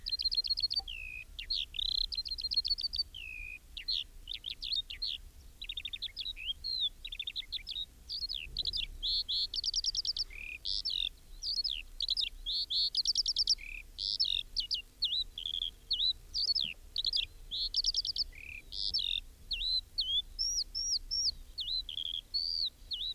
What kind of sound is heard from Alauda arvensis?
song